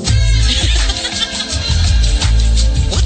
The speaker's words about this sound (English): It goes, wow, it has this weird, there's like some sort of, is that a kazoo? If you don't mind, let me just play like it real quick here.